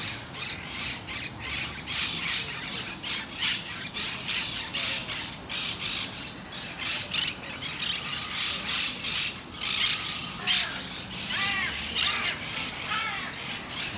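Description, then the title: Parakeet flock keeping up harsh, grating squawks throughout. Several parakeets at Parc de Forest, Saint-Gilles, Belgium; recorded with a Sony PCM-D100 using internal microphones in the wide position. "Parc de Forest, 1060 Saint-Gilles, Belgique - Parakeets - Perruches"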